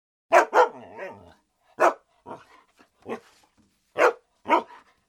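German Shepherd: dog letting out loud, sharp barks, some in quick pairs, with a brief whine after the first pair.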